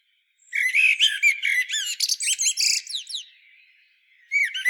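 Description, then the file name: Common blackbird giving a rapid burst of squawky, chattering notes, falling silent, then resuming with a short series of high notes. "Turdus merula"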